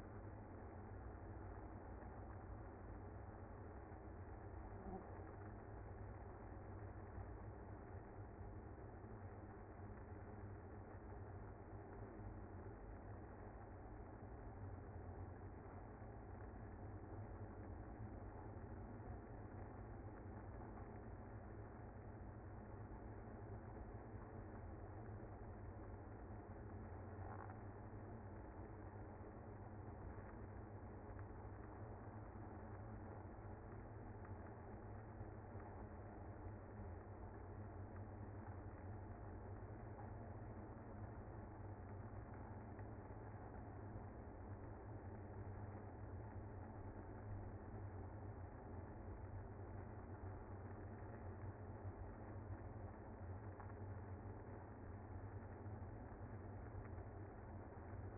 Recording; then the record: honeybee colony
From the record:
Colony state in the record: active